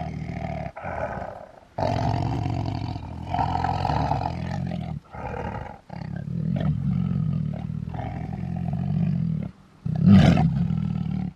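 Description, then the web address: Tiger roars, deep and rumbling, in long bursts broken by brief pauses, ending with a sharper loud burst near the end. "big cats|tigers"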